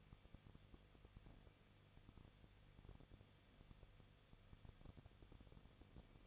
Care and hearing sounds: daily activity, microphone in the room; no activity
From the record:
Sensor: 4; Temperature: 23.0 degrees Celsius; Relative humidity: 34.2%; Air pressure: 1007.4 hPa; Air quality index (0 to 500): 212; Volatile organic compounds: 14 ppm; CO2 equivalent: 2442 ppm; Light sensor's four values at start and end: 2/3/1/1 and 2/3/1/1

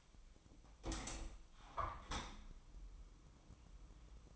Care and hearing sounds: daily activity, microphone in the room; open window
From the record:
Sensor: 1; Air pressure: 1004.6 hPa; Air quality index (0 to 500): 121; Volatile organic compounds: 4 ppm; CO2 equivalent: 1683 ppm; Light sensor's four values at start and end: 8/20/8/8 and 9/21/8/9

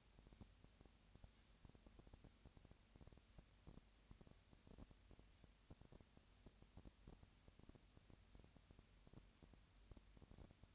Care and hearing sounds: daily activity, microphone in the room; no activity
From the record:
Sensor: 2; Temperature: 20.3 degrees Celsius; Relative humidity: 37.0%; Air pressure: 998.6 hPa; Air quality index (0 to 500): 236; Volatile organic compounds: 38 ppm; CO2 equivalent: 3116 ppm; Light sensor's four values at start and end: 2/3/2/2 and 2/3/2/2

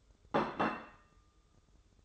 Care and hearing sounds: daily activity, microphone in the room; place plate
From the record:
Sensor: 3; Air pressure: 995.2 hPa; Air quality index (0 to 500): 74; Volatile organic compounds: 5 ppm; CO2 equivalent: 1725 ppm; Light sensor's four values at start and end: 16/47/20/16 and 16/47/20/17

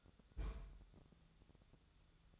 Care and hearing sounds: daily activity, microphone in the room; place on stove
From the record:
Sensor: 3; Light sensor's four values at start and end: 7/17/7/6 and 7/17/7/6

